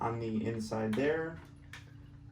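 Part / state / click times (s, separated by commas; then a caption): plastic leg panel into an internal lock on an action figure / seated / 1.7 s. A plastic leg panel on an action figure (Transformers War For Cybertron Unicron) swings around into a lock on the inside while someone talks. A short, sharp click at 1.7 s marks the panel seating into the internal lock.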